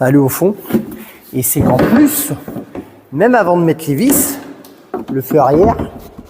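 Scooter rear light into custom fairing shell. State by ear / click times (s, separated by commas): not seated / none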